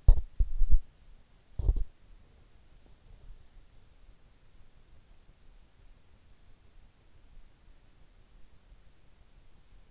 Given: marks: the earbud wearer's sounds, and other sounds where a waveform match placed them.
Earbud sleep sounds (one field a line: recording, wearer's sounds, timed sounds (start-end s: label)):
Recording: sounds in sleep by an in-ear microphone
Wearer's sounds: teeth grinding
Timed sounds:
0.00-2.18 s: teeth grinding